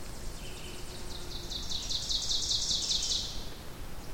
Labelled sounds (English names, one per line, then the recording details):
Ovenbird song
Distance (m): 35 m
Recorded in boreal forest in Alberta, Canada, on 2 June 2016 at 08:51
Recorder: SongMeter 3, array SBT-3-7
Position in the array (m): 208 m, 37 m
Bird 6